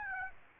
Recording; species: mosquito wingbeat signal from an infrared sensor; Aedes aegypti